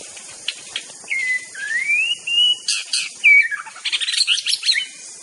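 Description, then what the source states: White-rumped shama song: clear whistled notes sliding up and down, then a burst of rapid chattering phrases, over a steady high insect drone. Wild bird singing in forest; natural, original song.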